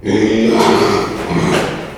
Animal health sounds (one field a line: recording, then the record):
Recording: squeal of a Yucatan mini pig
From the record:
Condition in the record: after surgery on the right vocal fold (resection and tissue-engineered implant)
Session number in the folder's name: 2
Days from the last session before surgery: 13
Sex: male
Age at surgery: 12 weeks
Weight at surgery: 13 kg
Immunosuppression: cyclosporine, prednisolone